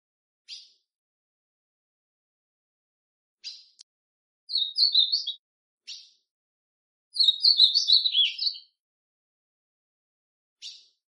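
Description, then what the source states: Ultramarine grosbeak song: two warbled whistled phrases, short then longer, interspersed with sharp single call notes every few seconds. Classic song style (canto clássico) of the Ultramarine grosbeak.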